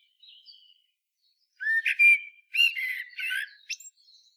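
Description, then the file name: Common blackbird song: a faint high note, then low fluty warbled whistles that run into squeaky, scratchy twitters near the end. "Turdus merula"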